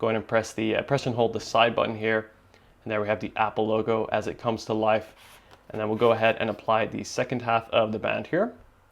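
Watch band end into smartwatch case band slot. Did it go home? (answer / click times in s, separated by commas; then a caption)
no / none. Someone talks while handling the second half of a band for a Space Gray Apple Watch SE, about to slide its end into the side band slot of the aluminium watch case. Only speech is heard over quiet handling, and the band has not yet seated or clicked into place.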